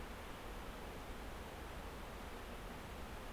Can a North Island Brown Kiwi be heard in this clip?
no